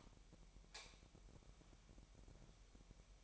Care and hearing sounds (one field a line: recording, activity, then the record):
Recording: daily activity, microphone in the room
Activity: light off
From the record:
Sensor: 1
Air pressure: 1012.0 hPa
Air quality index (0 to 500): 232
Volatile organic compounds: 6 ppm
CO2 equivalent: 1847 ppm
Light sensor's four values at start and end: 15/40/16/18 and 12/30/12/14